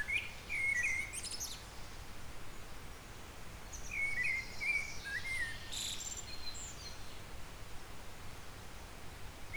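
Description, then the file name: Eurasian blackbird singing low, mellow warbled phrases, each ending in a thin, scratchy high twitter, with two phrases separated by a short pause; steady low hum underneath. "Turdus merula"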